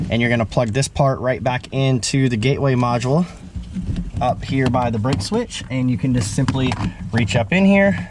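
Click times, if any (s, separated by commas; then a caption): none. In a 2020 Ford Explorer, a plug-and-play remote start kit's wiring harness extension, with its plastic connector, is being reached up behind the dash by feel toward the gateway module near the bridge switch while someone talks throughout. The connector has not seated or clicked into the gateway module yet.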